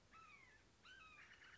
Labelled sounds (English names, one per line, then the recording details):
Red-shouldered Hawk
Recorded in Sonoma County, California